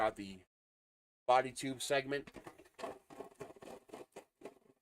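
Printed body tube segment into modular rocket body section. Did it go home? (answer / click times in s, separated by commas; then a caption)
no / none. Someone talks while handling a 3D-printed plastic body tube segment for a model rocket that threads onto the next modular body section. Soft, faint handling taps and rubs follow the talk toward the end. Nothing has seated or locked yet.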